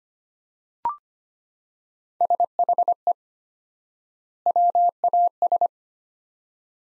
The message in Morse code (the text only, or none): SHE WAS